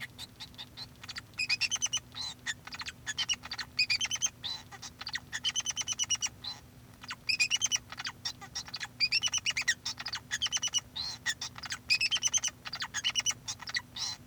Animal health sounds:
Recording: song of a male Bengalese finch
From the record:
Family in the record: son of father 2

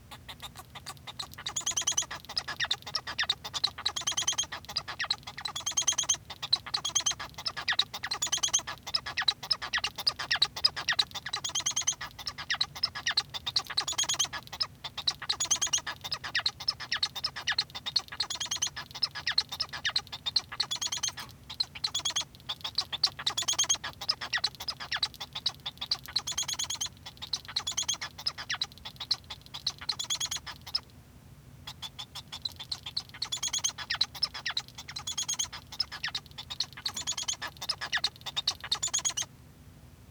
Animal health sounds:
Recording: song of a male Bengalese finch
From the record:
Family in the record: son of father 1

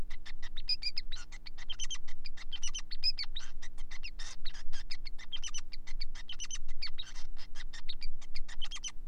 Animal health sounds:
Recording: song of a male Bengalese finch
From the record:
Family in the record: son of father 5

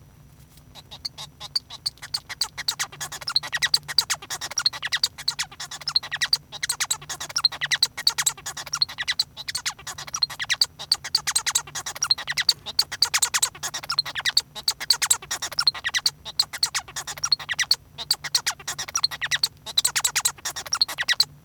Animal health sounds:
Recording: song of a male Bengalese finch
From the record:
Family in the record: son of father 1

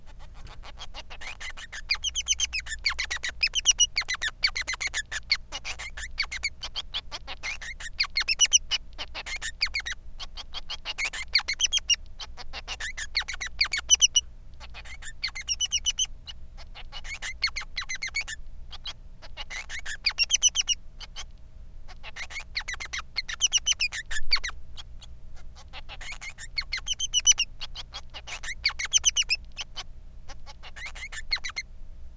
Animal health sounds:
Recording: song of a male Bengalese finch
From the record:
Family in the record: son of father 3

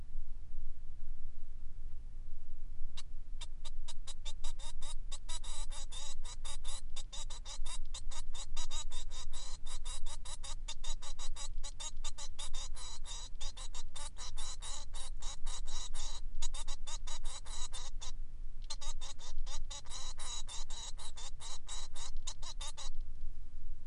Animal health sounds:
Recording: song of a male Bengalese finch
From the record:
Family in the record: son of father 3

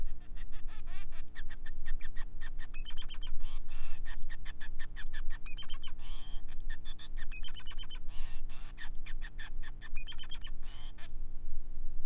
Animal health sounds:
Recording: song of a male Bengalese finch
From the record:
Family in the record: son of father 5

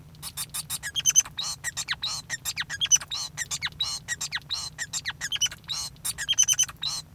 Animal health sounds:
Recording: song of a male Bengalese finch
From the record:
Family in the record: son of father 5

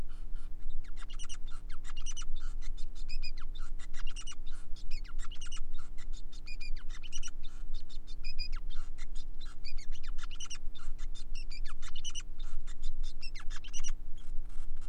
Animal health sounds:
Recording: song of a male Bengalese finch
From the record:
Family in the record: son of father 5

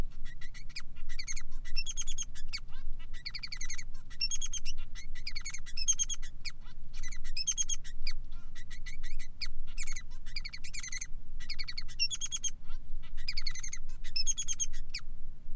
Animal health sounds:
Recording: song of a male Bengalese finch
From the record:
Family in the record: son of father 3

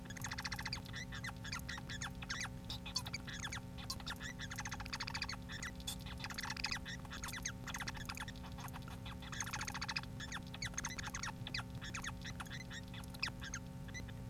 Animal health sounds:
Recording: song of a male Bengalese finch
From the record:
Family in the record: son of father 4

